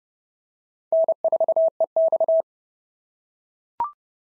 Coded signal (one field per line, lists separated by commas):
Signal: Morse code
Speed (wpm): 26 wpm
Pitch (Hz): 650 Hz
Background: none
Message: N4EX